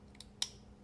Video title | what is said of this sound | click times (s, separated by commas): Mr. Mr. Designs - Cipher. Scale and Pivot collar swap with Disassembly. | there we go snapped in place that was a lucky break | 0.4 s